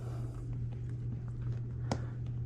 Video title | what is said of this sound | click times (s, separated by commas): DIY Mopar Katzkin Leather Seats Install (Step-by-Step Guide) (Dodge Dart) | Oh, there you go, you can hear it click. | 1.9 s